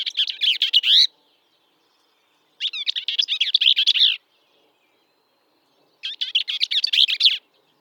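Bell's vireo singing fast, jumbled, scratchy chattering phrases of about a second and a half, three phrases spaced roughly every three seconds.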